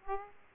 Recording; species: mosquito wingbeat signal from an infrared sensor; Aedes aegypti